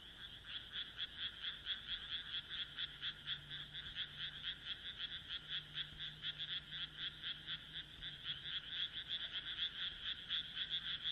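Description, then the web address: Frog chorus of rapid pulsed croaks in a steady shrill throb, with a faint low hum in the background. "kaeru kaeru"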